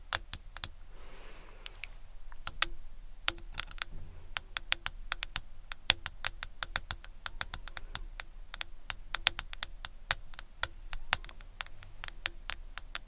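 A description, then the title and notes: Fast tapping on and around a camera, a dense run of sharp clicks and knocks that comes in quick, uneven bursts with brief gaps. Around the first second a soft rustling swells and fades. A low hum runs underneath throughout. ASMR Fast Camera Tapping On & Around Camera.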